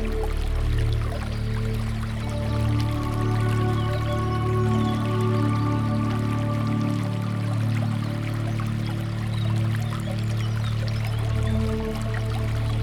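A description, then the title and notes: Water running through a garden, heard as a steady, unbroken rush with a strong low hum underneath that holds a few fixed pitches and pulses gently. Faint ticks and drips flicker across the top throughout, and nothing stops or changes much over the thirteen seconds. Water Running Through the Garden.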